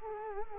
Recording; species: mosquito wingbeat signal from an infrared sensor; Culex quinquefasciatus